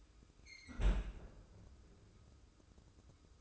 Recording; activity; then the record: daily activity, microphone in the room; close fridge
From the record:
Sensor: 2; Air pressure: 995.1 hPa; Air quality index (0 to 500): 64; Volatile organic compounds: 2 ppm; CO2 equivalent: 1078 ppm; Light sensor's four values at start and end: 17/55/21/21 and 17/55/21/21